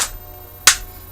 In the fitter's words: you hear a little click